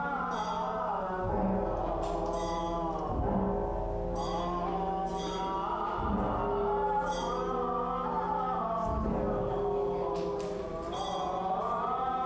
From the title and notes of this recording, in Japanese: 台湾の寺院の音（Binaural） - Lungshan Temple (Taipei)。台北市内の有名な寺院の音です。